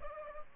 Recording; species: mosquito wingbeat signal from an infrared sensor; Aedes albopictus